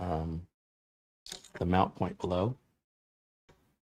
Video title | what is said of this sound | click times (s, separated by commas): Build a Budget Friendly Long Lasting Computer! | Now I'm going to wind these back until I hear it click. That's how I know it's in, that the screw thread has found | 3.5 s